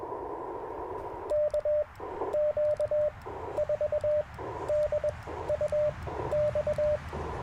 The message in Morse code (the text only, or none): KQ4DUX